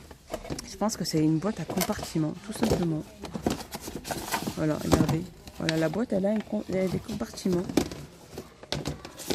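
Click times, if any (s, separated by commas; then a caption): 8.7 s. Someone talks while handling a plastic compartment storage box, then closes its lid. One sharp, loud click is heard at 8.7 s as the lid clips shut onto the side of the box.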